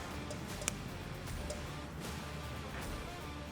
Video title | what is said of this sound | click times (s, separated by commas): How To Mount a Garmin LVS34 to a Garmin Kraken Trolling Motor | That kind of snaps in place. | 0.7 s